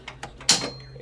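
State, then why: Seated. On a SawStop table saw whose brake has fired, the blade height is wound all the way down until the dropped trunnion compresses and re-latches into its arbor carriage latch. Faint ticks at 0.1, 0.2 and 0.4 s lead to a loud, sharp snap at 0.5 s. The trunnion is seated and re-engaged.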